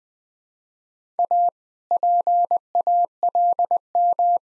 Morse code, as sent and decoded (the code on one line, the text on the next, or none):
.- / .--. .- .-.. --
A PALM